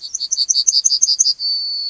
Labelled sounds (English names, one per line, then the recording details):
Yellowhammer song
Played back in grassland
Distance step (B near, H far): B
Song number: 141